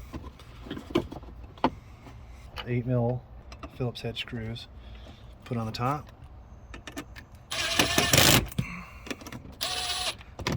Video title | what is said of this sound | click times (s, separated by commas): Govee Car LED Strip Lights install - Hard Wire Switch Setup | you'll hear it click of course I'll get to the 10 mil underneath or the 12 mil but right now I'm doing everything up top | 1.6 s